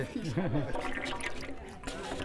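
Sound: toilet flushing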